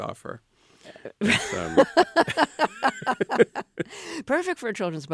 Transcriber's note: laughter